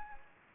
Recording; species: mosquito wingbeat signal from an infrared sensor; Anopheles gambiae